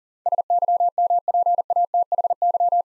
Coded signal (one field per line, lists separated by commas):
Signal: Morse code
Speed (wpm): 40 wpm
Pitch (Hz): 700 Hz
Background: none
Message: SYMPATHY